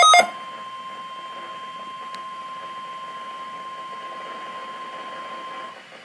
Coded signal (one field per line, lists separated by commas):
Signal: Emergency Alert System (SAME) tones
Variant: 1050 Hz attention tone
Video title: EAS 118 Required Weekly Test